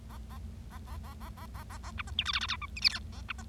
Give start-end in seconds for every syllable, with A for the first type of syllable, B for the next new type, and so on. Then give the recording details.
0.10-0.17 A, 0.30-0.38 A, 0.71-0.78 A, 0.87-0.97 A, 1.03-1.13 A, 1.21-1.29 A, 1.37-1.46 A, 1.54-1.63 A, 1.70-1.78 A, 1.83-1.91 A, 1.98-2.02 B, 2.07-2.10 C, 2.18-2.23 D, 2.25-2.32 E, 2.33-2.39 F, 2.41-2.46 F, 2.48-2.56 G, 2.62-2.66 H, 2.76-2.80 I, 2.82-2.89 J, 2.89-2.99 K, 3.12-3.21 A, 3.29-3.32 B, 3.38-3.42 C. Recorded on 25 March 2012 at 17:31. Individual gy6or6